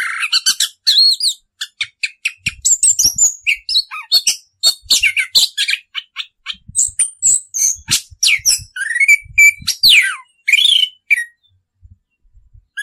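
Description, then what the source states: Orange-headed thrush song, a long, dense stream of high chattering and whistled notes that stops near the end, leaving faint clicks. Continuous rolling song style called "ngerol", presented as a master recording for training birds.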